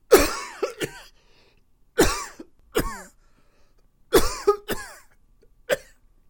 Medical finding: Man coughing.